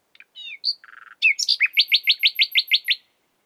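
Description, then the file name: Common nightingale song with varied short notes and a buzzy rattle, then a rhythmic run of several loud, rich notes repeated quickly. "Luscinia megarhynchos"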